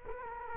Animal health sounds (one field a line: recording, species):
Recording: mosquito wingbeat signal from an infrared sensor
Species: Culex quinquefasciatus